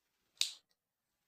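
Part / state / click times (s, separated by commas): plastic model kit part into its mating plastic part / seated / 0.4 s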